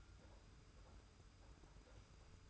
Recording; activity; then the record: daily activity, microphone in the room; take from stove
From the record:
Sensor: 2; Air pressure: 991.0 hPa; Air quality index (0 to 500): 110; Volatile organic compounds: 49 ppm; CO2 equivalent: 3287 ppm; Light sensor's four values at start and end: 34/102/40/38 and 34/102/40/38